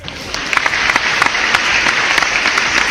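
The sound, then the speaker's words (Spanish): An applause sound effect, played after a call for applause for Super Junior member Hyukjae: a crowd applauds steadily, a dense wash of many hands clapping with scattered sharper claps popping out, holding at an even, fairly loud level throughout. “¿Dónde están mis aplausos?”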